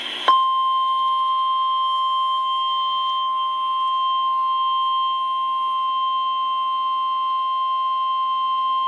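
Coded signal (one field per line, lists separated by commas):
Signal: Emergency Alert System (SAME) tones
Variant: 1050 Hz attention tone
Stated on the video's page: Severe weather alerts received through an online weather radio stream, which skipped on one alert.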